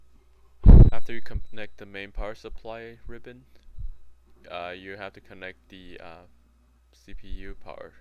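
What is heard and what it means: A 24-pin main power cable from the power supply is pushed into the motherboard socket, and its side clamp clicks into place with a short, sharp snap at 0.7 s, seating the connector. Someone then talks for the rest of the clip.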